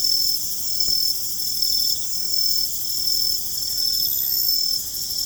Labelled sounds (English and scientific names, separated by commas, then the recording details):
none
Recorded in secondary vegetation near Puerto Asís, Putumayo, Colombia, on 21 December 2024 at 20:30
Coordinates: 0.468, -76.324
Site G095